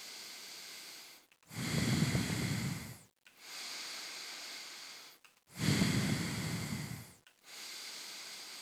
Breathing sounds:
nose breathing near a microphone
0.00-1.29 s: inhalation
1.29-3.24 s: exhalation
3.24-5.24 s: inhalation
5.24-7.24 s: exhalation
7.24-8.62 s: inhalation
From the record:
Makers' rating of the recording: medium

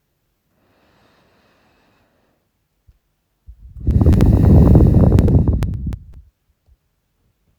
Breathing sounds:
nose breathing near a microphone
0.38-2.59 s: inhalation
3.63-5.93 s: exhalation
From the record:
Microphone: phone

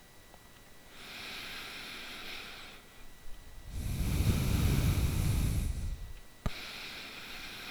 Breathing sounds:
nose breathing near a microphone
0.55-3.34 s: inhalation
3.34-6.05 s: exhalation
6.05-7.71 s: inhalation
From the record:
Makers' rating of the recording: bad

